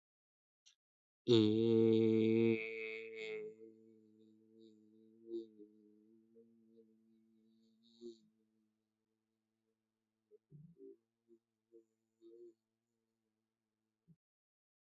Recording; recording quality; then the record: sustained vowel as in made; excellent, no background noise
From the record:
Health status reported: healthy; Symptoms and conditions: none ticked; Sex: male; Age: 31 years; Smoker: not ticked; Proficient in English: yes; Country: India